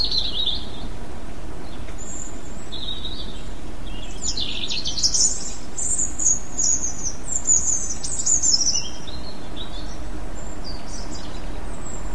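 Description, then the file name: European robin singing scattered high, thin notes, then a dense sparkling run of trills and warbles in the middle, fading to faint high notes, over background hiss. "rouge gorge"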